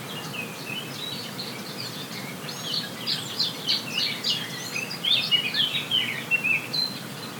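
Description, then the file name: Bird chorus building from scattered high chirps into a lively run of rapid twittering phrases in the second half, with steady low hiss beneath. Forest birds on La Palma, binaural 3D recording. "Zvuki lesa Vogel La Palma"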